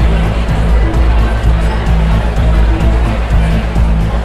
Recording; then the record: background sound without coughing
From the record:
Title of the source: Party Noise 1 Hour Party Ambience